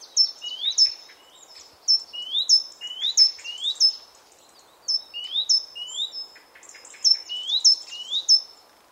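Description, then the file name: Great tit calls: high clipped notes and rising whistled slurs, repeated in irregular bursts throughout. "Parus major"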